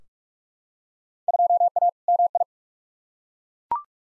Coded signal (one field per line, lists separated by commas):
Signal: Morse code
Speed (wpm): 42 wpm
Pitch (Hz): 700 Hz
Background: none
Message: 2A MI